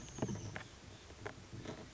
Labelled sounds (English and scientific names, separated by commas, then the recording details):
Oak Titmouse (Baeolophus inornatus)
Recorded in Sonoma County, California